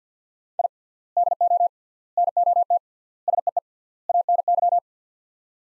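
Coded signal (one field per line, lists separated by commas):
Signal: Morse code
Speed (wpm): 46 wpm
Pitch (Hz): 700 Hz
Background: none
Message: I DO NOT SEE ANY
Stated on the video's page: Morse practice drill of five-word sets at 50 wpm with 3x word spacing, a Farnsworth-like method, each set followed by speech.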